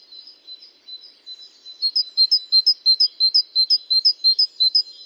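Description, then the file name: Great tit call: faint high notes at first, then a steady series of bright, sharp two-part notes repeated roughly three times each second. "Parus major"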